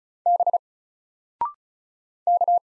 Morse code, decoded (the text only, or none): B K